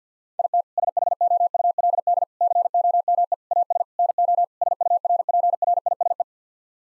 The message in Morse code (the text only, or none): IT SHOULD COME AS NO SURPRISE